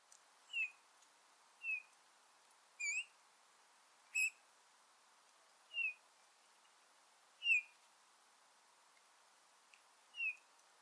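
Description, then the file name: Eurasian bullfinch calls, soft short piping notes given singly every one to three seconds, about seven in all, in an otherwise quiet setting. Recorded at Sørborg on 28 November 2021. "dompap s rborg"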